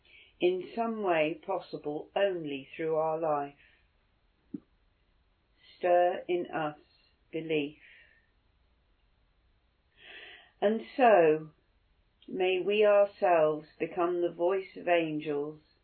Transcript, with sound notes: in some way possible only through our life. Stir in us belief. [silence] And so, may we ourselves become the voice of angels,